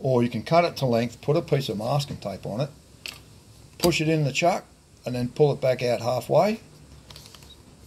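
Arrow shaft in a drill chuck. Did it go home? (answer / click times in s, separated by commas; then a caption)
yes / 7.1 s, 7.2 s, 7.3 s. Someone talks while an arrow shaft, cut to length with a piece of masking tape on it, is pushed into a drill chuck and pulled back out halfway, and the chuck is tightened on it. Quiet clicks come at 7.1, 7.2, 7.3 and 7.4 seconds as the chuck grabs the shaft. The shaft is seated and gripped tight, so it cannot be pulled out.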